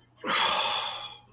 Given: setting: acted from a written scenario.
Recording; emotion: vocal sound without words; disappointment